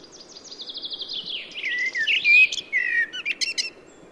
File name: Turdus merula